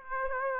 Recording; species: mosquito wingbeat signal from an infrared sensor; Aedes aegypti